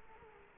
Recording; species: mosquito wingbeat signal from an infrared sensor; Culex quinquefasciatus